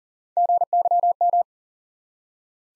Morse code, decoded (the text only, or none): GYM